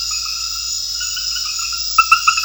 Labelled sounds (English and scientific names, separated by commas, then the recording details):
none
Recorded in secondary vegetation near Puerto Asís, Putumayo, Colombia, on 4 March 2025 at 22:00
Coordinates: 0.498, -76.327
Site G001